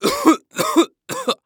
Male cough.